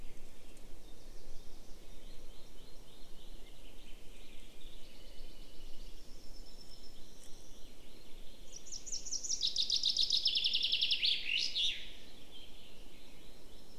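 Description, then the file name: Common chaffinch song: a fast descending series of trilled notes finishing with an emphatic flourish, heard after quieter bird twittering against constant low background noise. "Fringilla coelebs"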